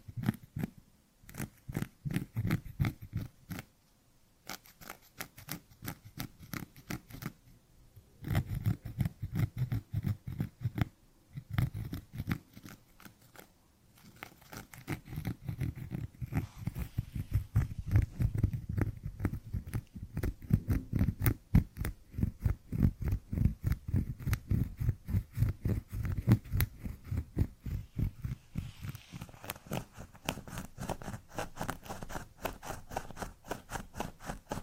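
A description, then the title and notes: Scratching on cork in dense, rapid strokes with a low rasp, pausing briefly near 4, 8, 11 and 14 seconds, then running continuously. Scratching on Cork (NO TALKING).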